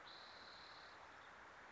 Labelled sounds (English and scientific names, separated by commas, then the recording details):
Spotted Towhee (Pipilo maculatus)
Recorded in Sonoma County, California